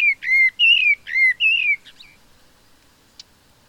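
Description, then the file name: Common blackbird calls, four loud clear whistled notes with a falling slur in quick succession, then a softer trailing note and quiet. "Turdus merula"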